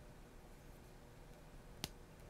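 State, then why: Seated. A pan servo for a SunFounder PICAR-X Raspberry Pi Smart Robot car kit is pressed into its plastic mount while its wire is held in position. After quiet background, one strong sharp click sounds at 1.8 s as the servo locks into place, fully seated.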